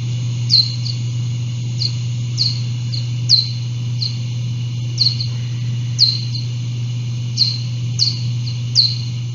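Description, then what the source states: Little brown bat echolocation slowed down, many short downward-sweeping chirps at irregular intervals, over a steady low hum. Echolocation used to navigate and find food, slowed down and pitch-shifted for human hearing.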